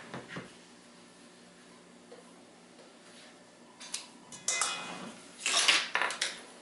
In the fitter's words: it down now to lock in place you hear that click it's good to go